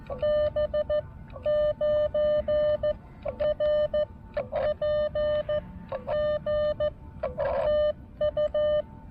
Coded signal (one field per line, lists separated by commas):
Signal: Morse code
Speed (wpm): 14 wpm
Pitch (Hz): 590 Hz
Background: none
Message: B 9 R P G TU